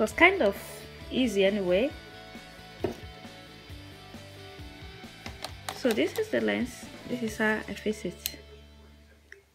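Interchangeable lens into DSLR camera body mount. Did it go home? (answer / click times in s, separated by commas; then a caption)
yes / 9.3 s. An interchangeable lens is lined up with the bayonet mount of a Canon 750D (T6i) DSLR camera body and twisted until it locks. Someone talks while a few faint handling taps sound, then one sharp, short click at 9.3 s confirms the lens has seated in the mount.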